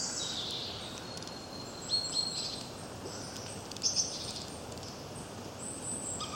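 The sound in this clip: Birds chirping softly, a few brief high tweets in two short bursts over steady background hiss.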